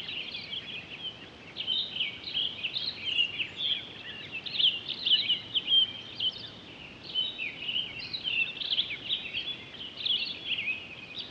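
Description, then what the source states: Townsend's solitaire singing a long, continuous warbled song of rapid, tumbling high notes that rise and fall without pause, over a steady background hiss. Recorded 23 October 2011.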